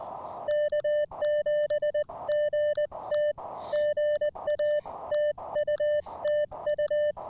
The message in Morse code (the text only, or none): K7GT GA TU TU